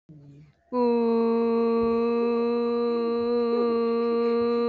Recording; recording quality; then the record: sustained vowel as in boot; excellent, no background noise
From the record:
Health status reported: respiratory illness, not identified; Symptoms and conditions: diabetes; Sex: female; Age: 32 years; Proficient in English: yes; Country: India